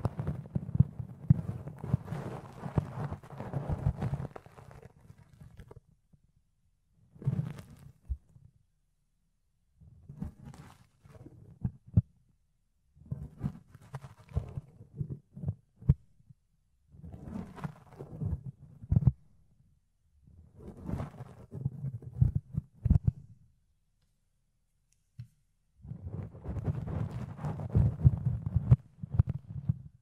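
Fluffy ear cleaning and ear picking: bursts of soft, scratchy rustling with low, muffled thumps underneath, each lasting two to five seconds. Short silent gaps separate the bursts, and the longest, densest rubbing comes at the start and again in the final few seconds.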